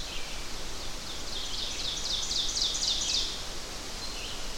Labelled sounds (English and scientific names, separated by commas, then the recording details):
Ovenbird (Seiurus aurocapilla) song
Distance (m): 35 m
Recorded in boreal forest in Alberta, Canada, on 12 June 2016 at 06:54
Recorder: SongMeter 3, array SBT-3-18
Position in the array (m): 245 m, 95 m
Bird 31